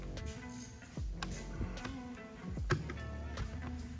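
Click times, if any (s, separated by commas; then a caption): none. A section of metal window trim molding on a B-body Mopar is pressed onto its body retaining clips along the window opening. Sharp handling taps land at about 1.2, 2.7, 2.9 and 4.1 seconds over steady background music. Nothing has seated or clicked yet.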